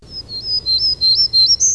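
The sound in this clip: Bird calling with a quick series of several high, thin whistled notes that alternate between slightly lower and higher pitches.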